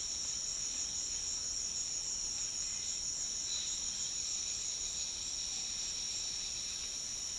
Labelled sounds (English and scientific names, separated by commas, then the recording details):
none
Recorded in dense forest near Puerto Asís, Putumayo, Colombia, on 20 February 2024 at 18:00
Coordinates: 0.502, -76.324
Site G6370